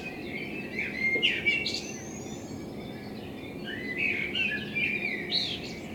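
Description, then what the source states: Common blackbird singing two fluted warbling phrases, each ending in a high squeaky twitter, separated by a short pause, over a steady background hiss. Blackbird in front of the recordist's window; captured binaurally with a self-built dummy head, for headphone listening.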